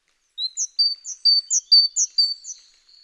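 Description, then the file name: Great tit singing a clear, ringing two-syllable phrase, alternating high and lower notes, repeated several times at a quick pace. "Parus major"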